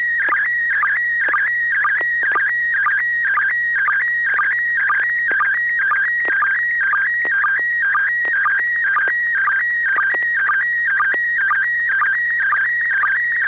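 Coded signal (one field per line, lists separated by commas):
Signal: SSTV (slow-scan television)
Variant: PD120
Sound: warbling tones shifting between pitches, with a short low blip about twice a second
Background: steady low hum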